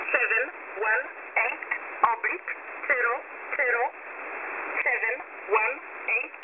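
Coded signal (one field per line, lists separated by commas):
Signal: numbers station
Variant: E11 Oblique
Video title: E11 Oblique 23/08/2023 0845 UTC 12815kHz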